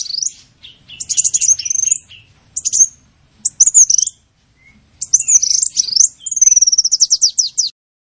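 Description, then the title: Sunbird song: scattered high squeaky phrases and chips, separated by pauses, ending in a fast trill. In full song (gacor), with phrases copied from the cililin and the canary. "Kolibri gacor isian cililin dan kenari"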